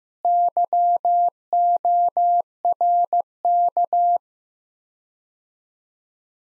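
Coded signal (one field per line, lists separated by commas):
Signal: Morse code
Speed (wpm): 15 wpm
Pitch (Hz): 700 Hz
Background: none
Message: YORK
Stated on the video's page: Morse practice drill of two-word sets at 15 wpm with 4x word spacing, each set followed by spoken answer.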